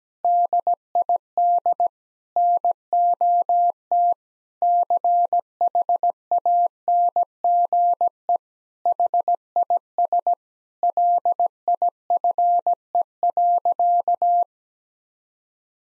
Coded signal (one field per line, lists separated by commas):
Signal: Morse code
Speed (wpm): 17 wpm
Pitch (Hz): 700 Hz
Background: none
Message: DID NOT CHANGE HIS LIFE.